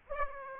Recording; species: mosquito wingbeat signal from an infrared sensor; Aedes aegypti